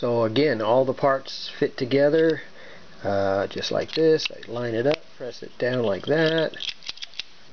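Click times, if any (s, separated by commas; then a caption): 7.2 s. Someone talks while lining up a 3D-printed launcher part for an Iron Man MK 6 / Mark IV forearm gauntlet mini rocket launcher and pressing it down into the gauntlet housing. Several small sharp clicks follow near the end, and the part snaps into place and locks in at 7.2 s.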